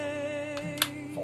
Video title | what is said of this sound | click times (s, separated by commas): Ares MSR 338 with Novritsch Upgrade Kit | it back out locks into place | 0.8 s